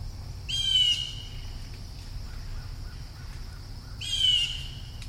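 Bird producing two drawn-out, rasping squawks with a nasal edge, about three and a half seconds apart, with quiet hiss between.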